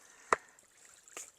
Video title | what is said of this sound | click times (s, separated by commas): EASY No Dig Nature Pond! Full Build. | clicks into place like that | 0.3 s